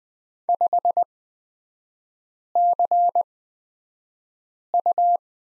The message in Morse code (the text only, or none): 5CU